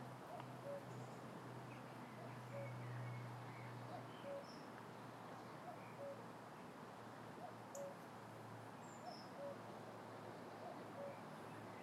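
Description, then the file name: Cuckoo giving faint, repeated two-note falling calls over low background noise, with a low hum in places and scattered high bird chirps. Cuckoo calling in an orchard. "cuckoo in the orchard"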